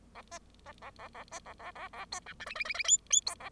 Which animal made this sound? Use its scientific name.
Lonchura striata domestica